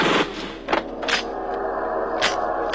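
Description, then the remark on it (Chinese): Gunfire and explosions from a shootout at the Shilang guesthouse: a few sharp, cracking bursts at irregular intervals punch through a continuous loud, rumbling wash of noise, with no voices. “原来此时任东已经在诗浪招待所了，仇人相见，分外眼红，顿时枪声大作，爆炸迭起。”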